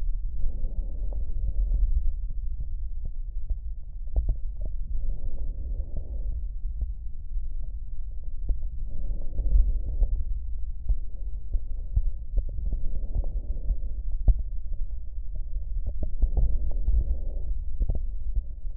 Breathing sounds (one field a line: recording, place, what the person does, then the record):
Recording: lung sounds by stethoscope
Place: left posterior basal chest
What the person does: quiet breathing, then deep breathing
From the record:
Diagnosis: asthma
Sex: female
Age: 72 years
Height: 160 cm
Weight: 63.4 kg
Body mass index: 24.8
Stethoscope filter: extended mode